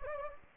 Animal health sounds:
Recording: mosquito wingbeat signal from an infrared sensor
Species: Anopheles gambiae

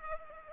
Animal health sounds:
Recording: mosquito wingbeat signal from an infrared sensor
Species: Culex pipiens

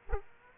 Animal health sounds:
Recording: mosquito wingbeat signal from an infrared sensor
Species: Aedes aegypti

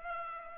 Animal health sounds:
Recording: mosquito wingbeat signal from an infrared sensor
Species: Culex pipiens

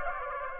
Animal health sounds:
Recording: mosquito wingbeat signal from an infrared sensor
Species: Aedes aegypti

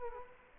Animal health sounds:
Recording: mosquito wingbeat signal from an infrared sensor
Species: Culex quinquefasciatus

